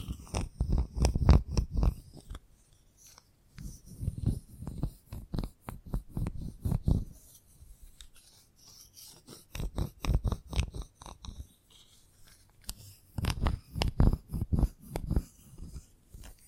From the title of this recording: Chalk Sounds Tapping, Scratching, Carving